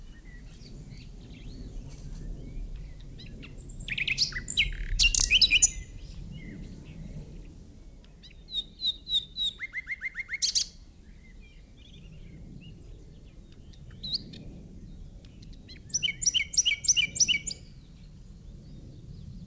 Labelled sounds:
Common Nightingale (Luscinia megarhynchos) song

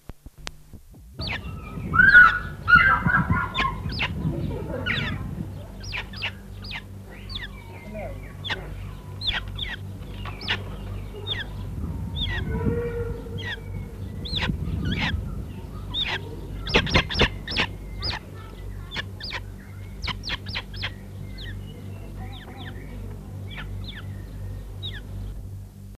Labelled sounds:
Crested Serpent Eagle (Spilornis cheela) call

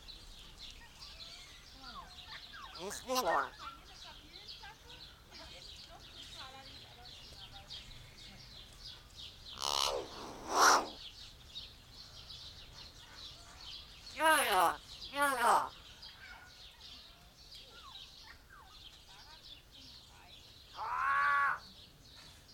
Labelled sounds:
Common Hill Myna (Gracula religiosa)

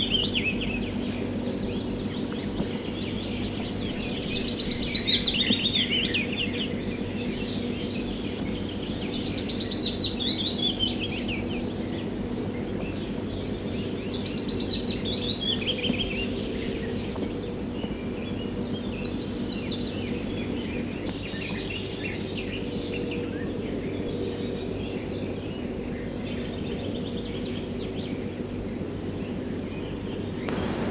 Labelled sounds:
Willow Warbler (Phylloscopus trochilus) song

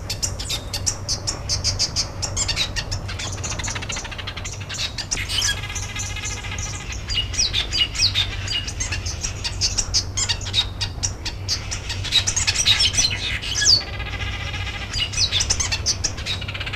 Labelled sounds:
Village Weaver (Ploceus cucullatus) call

